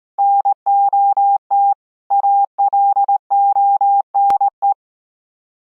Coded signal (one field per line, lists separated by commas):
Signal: Morse code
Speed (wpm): 19 wpm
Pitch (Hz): 800 Hz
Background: none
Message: NOT ALONE